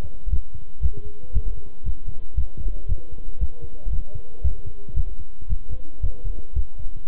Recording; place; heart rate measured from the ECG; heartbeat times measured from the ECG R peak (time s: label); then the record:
heart sounds by stethoscope; between the tricuspid and mitral areas; 115 bpm
0.31 s: heartbeat
0.82 s: heartbeat
1.34 s: heartbeat
1.85 s: heartbeat
2.37 s: heartbeat
2.88 s: heartbeat
3.40 s: heartbeat
3.92 s: heartbeat
4.44 s: heartbeat
4.96 s: heartbeat
5.49 s: heartbeat
6.03 s: heartbeat
6.56 s: heartbeat
From the record:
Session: walking at 3.7 km/h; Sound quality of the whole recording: good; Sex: male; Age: 25 years